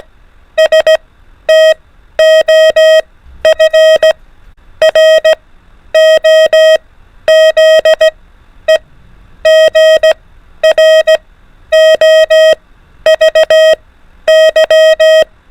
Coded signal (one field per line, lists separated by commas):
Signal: Morse code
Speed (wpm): 17 wpm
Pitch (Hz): 630 Hz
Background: none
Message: S TOF ROZE GROVY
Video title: FOR ADVANCED TRY THIS INCREASED SPEED 24 WPM / ALPHABET ONLY MORSE CODE PRACTICE